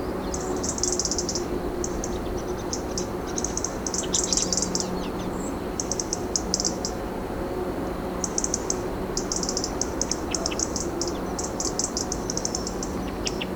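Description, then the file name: European robin calls in repeated clusters of high, fast ticking notes every second or two throughout, against steady background hiss and a low hum. "Erithacus rubecula"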